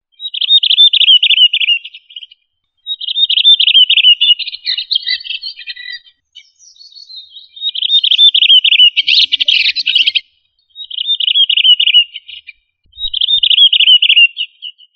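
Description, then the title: Thrush singing, high whistled phrases that ripple downward, repeated in bursts separated by short silent gaps. Member of the thrush family, known locally as sabiá. "Familia Turdidae - Sabia"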